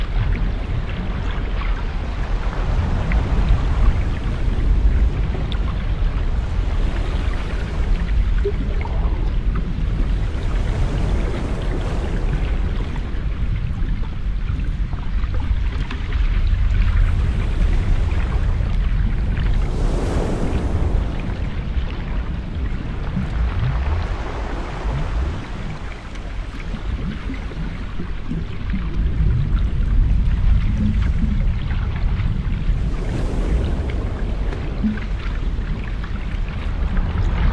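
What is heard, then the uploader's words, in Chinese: Underwater sound from the seabed: a dense, steady low rumble fills the whole recording with little change in loudness. Brighter rushing swells rise and fade now and then, notably around 7, 20 and 33 seconds, like passing surges of moving water. 海底的声音｜让我们去海里潜水呀｜白噪音。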